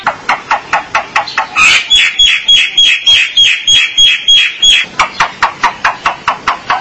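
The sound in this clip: Starling giving rapid, rhythmic harsh pulses with a thin sustained whistle running over the middle section, then more quick rasping notes.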